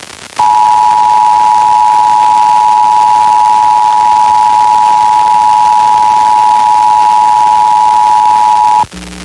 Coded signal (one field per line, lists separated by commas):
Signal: Emergency Alert System (SAME) tones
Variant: 853 and 960 Hz attention tone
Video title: Pennsylvania Required Monthly Tests (4/21/22)(EAS 1153-1162)